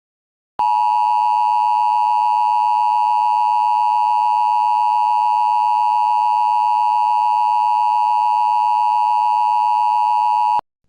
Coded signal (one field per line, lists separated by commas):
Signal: Emergency Alert System (SAME) tones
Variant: 853 and 960 Hz attention tone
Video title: EAS Scenario 6: Kameron EXE